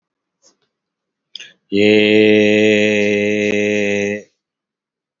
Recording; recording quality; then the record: sustained vowel as in made; excellent, no background noise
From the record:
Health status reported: healthy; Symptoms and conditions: hypertension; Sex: male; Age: 48 years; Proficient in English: yes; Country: India